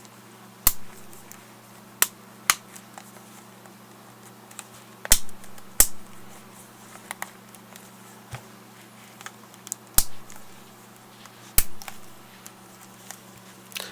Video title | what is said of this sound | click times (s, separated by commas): Tutorial On Replacing The Digitizer Touch Screen in a Garmin Nuvi 1490 14xx | snap it back in place. | 0.7 s, 2.5 s, 5.1 s, 5.8 s, 10.0 s, 11.6 s